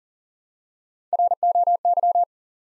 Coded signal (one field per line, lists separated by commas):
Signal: Morse code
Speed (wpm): 40 wpm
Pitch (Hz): 700 Hz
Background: none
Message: ROY